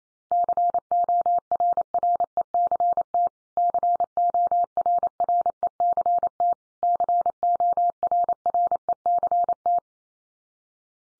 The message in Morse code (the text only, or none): CORRECT CORRECT CORRECT